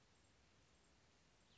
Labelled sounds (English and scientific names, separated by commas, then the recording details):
Cassin's Vireo (Vireo cassinii)
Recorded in Sonoma County, California